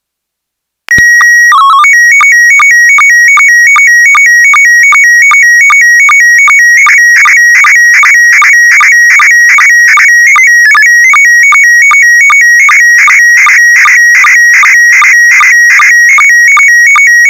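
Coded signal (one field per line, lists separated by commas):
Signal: SSTV (slow-scan television)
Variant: PD 50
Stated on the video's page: Heard during a weekly SSTV net on an FM repeater on 441.300 MHz in Sacramento, California.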